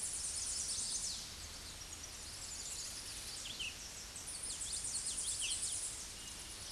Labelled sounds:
Tennessee Warbler song
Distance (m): 40 m
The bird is about 20 m above the microphone
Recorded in a Pennsylvania forest on 16 May 2024 at 08:03
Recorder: AudioMoth, point MSD-0079
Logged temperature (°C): 16.1 °C
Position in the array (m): 141 m, 114 m

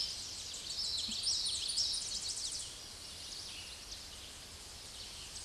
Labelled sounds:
Common Yellowthroat song
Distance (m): 20 m
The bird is about 5 m above the microphone
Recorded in a Pennsylvania forest on 16 May 2024 at 08:01
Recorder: AudioMoth, point MSD-0215
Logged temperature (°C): 16.1 °C
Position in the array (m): 46 m, 145 m

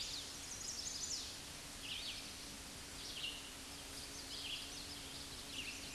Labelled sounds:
Red-eyed Vireo song
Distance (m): 30 m
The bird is about 15 m above the microphone
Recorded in a Pennsylvania forest on 16 May 2024 at 09:37
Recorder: AudioMoth, point MSD-0079
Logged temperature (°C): 16.1 °C
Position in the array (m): 181 m, 75 m

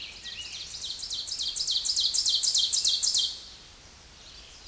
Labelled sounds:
Ovenbird song
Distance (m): 10 m
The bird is about 10 m above the microphone
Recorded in a Pennsylvania forest on 16 May 2024 at 07:15
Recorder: AudioMoth, point MSD-0475
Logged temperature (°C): 12.3 °C
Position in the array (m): 145 m, 3 m

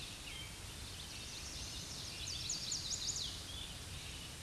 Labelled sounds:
Chestnut-sided Warbler song
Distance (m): 40 m
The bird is about 5 m above the microphone
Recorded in a Pennsylvania forest on 16 May 2024 at 06:52
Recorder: AudioMoth, point MSD-2163
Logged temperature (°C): 16.1 °C
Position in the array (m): 173 m, 171 m

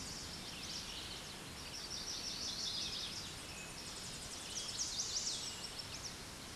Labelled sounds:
Chestnut-sided Warbler song
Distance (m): 40 m
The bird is about 10 m above the microphone
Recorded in a Pennsylvania forest on 16 May 2024 at 07:40
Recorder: AudioMoth, point MSD-1368
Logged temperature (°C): 12.5 °C
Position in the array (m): 20 m, 18 m

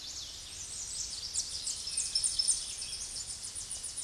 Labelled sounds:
Tennessee Warbler song
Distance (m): 20 m
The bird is about 5 m above the microphone
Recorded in a Pennsylvania forest on 16 May 2024 at 08:29
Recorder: AudioMoth, point MSD-0263
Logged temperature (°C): 16.0 °C
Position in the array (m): 73 m, 205 m

